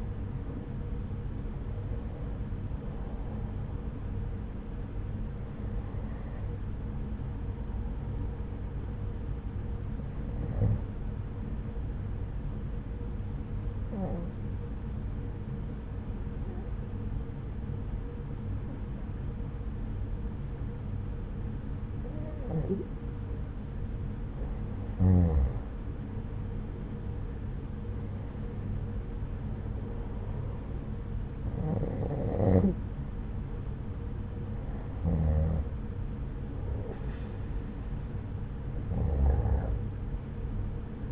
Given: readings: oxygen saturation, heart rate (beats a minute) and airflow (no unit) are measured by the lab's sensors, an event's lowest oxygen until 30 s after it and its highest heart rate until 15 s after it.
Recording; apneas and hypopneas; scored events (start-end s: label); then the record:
breathing in sleep by a smartphone at the bedside; 1
12.00-27.10 s: hypopnea (N1, oxygen 97% highest, then 92% lowest, heart rate 73 at the start, 75 highest)
From the record:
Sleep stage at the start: N1 (lightest sleep); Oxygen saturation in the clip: 94 to 97%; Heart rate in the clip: 69 to 93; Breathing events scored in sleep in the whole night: 303 in 8.1 hours asleep